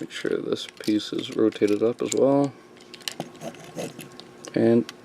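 Someone talks while rotating a plastic piece of a Transformers Masterpiece Prowl robot figure (Toys R Us exclusive) up into the figure body. Short, sharp plastic handling clicks and taps come between about 2.9 and 4.5 seconds, the loudest near 3.1 seconds. The piece is handled but nothing has seated or clicked into place yet.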